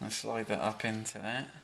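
Someone talks while sliding the plastic mount of a rear wiper blade up onto the hooked end of the tailgate rear wiper arm on a Range Rover L322. Nothing has seated or clicked yet.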